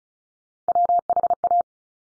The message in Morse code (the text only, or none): WHA